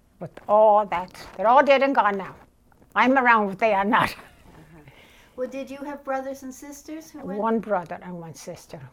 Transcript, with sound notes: But all that, they're all dead and gone now. I'm around, but they are not. [laughs]
Uh-huh. Well, did you have brothers and sisters who went...
One brother and one sister.